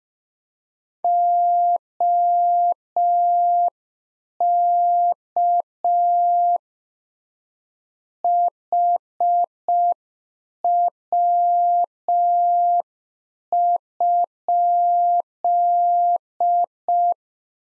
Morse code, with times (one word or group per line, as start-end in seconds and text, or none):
1.0-6.6 OK
8.2-17.1 HW?